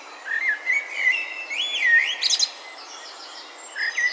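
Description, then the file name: Common blackbird song: mellow fluted whistles that rise and fall, then a brief high twittering flourish, with a softer phrase returning near the end. "Turdus merula"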